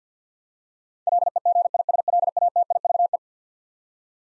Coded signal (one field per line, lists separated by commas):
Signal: Morse code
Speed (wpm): 50 wpm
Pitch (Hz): 700 Hz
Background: none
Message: LEGISLATIVE